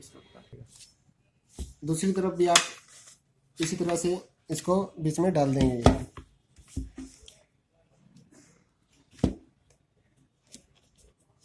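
A roller part is handled while refilling an HP LaserJet 12A laser toner cartridge, about to go back into the middle of the plastic cartridge housing and be pushed until it locks. Someone talks through most of the clip, with brief sharp taps and handling noises at about 7.3, 9.2 and 10.5 seconds. The roller has not seated or clicked into place yet.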